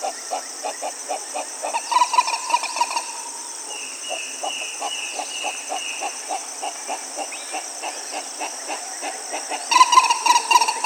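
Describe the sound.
A bird gives a few level whistles, while rapid low ticking pulses and a continuous shrill insect chorus fill the background.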